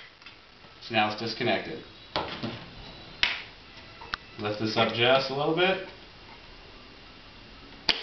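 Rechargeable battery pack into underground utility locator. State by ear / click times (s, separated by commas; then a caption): not seated / none. Someone talks while a rechargeable battery pack is lifted slightly and handled at an RD5000 underground utility locator, to be lined up and pushed down into the housing until it locks; the fit is a bit tight and needs a firm push to click in. Short sharp knocks are heard at about 3.2, 4.1 and 7.9 seconds, but nothing has seated or clicked yet.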